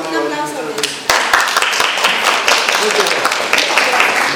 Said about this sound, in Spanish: Gracias, un aplauso.